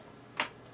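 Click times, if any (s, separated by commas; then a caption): 0.4 s. A flip-up sight on the rail of an airsoft replica machine gun is raised and snaps upright. A single sharp click at 0.4 s rises clearly above the quiet background and fades quickly. The sight clicks into place and stays seated.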